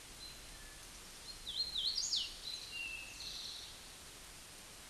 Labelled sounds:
Hooded Warbler song
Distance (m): 25 m
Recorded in a Pennsylvania forest on 17 May 2023 at 20:30
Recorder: AudioMoth, point grid1_9_low
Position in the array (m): 85 m, 92 m

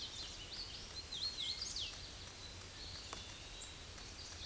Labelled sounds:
Hooded Warbler song
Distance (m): 50 m
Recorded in a Pennsylvania forest on 18 May 2023 at 08:46
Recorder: AudioMoth, point grid1_32_low
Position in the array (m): 147 m, 120 m

